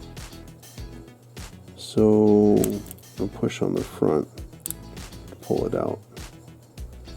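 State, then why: Released. Someone talks while pushing on the front of the clear plastic window glass insert that is snapped in place against the metal body of a diecast Pontiac GTO toy car. A sharp double snap at 4.7 s and 4.7 s is heard as the insert pops free, releasing it so it can be pulled out.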